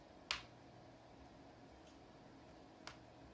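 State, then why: Seated. A plastic LCD screen bezel is pressed onto the display lid of an HP NC6400 laptop, gently so as not to break its small plastic snaps. A sharp snap at 0.3 s and a quieter one at 2.9 s are heard over low background noise as the snaps engage. The bezel is seated in place.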